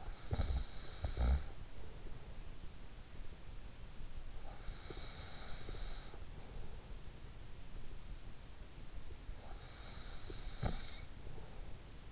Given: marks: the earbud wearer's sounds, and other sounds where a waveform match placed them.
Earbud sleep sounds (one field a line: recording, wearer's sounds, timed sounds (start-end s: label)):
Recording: sounds in sleep by an in-ear microphone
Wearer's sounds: snoring breath, breath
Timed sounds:
0.00-2.31 s: snoring breath
4.46-7.48 s: breath
9.04-12.12 s: snoring breath